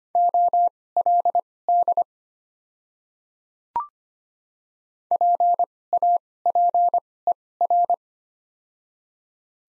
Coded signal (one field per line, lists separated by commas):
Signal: Morse code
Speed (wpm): 25 wpm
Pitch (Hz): 700 Hz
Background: none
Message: OLD PAPER